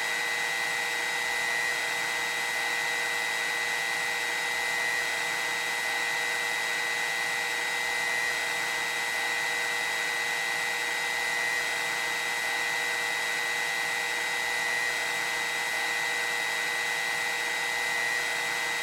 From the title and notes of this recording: Seeqc Sounds: Conair Hairdyer.